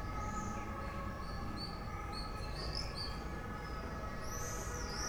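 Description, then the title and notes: Common swift screams, short high buzzy notes scattered throughout, over a steady low rumble of traffic or machinery. Bonn old town, Germany, July 2006. "bonn altstadt, mauersegler - mauersegler im juli 2006. Mauersegler, Bonn, Juli 2006. maik johannsen"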